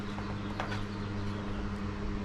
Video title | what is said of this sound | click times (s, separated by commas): Installation of the Barricade HD Bumper on a 2019-2023 Ford Ranger FX4 | and push that in place until it clicks | 0.6 s